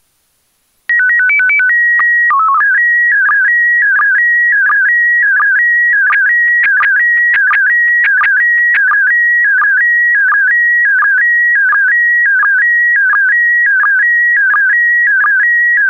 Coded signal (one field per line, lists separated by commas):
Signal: SSTV (slow-scan television)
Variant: PD 90